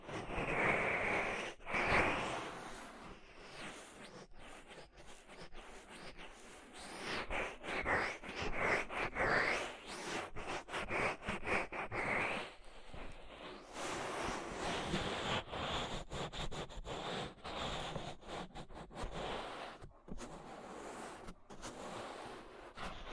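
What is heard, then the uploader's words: Dense rubbing and crackling in an ear-treatment recording, with brief squeaky chirps early and midway and a few sudden silent breaks. ASMR Deep Ear Treatment for Sleep (No Talking).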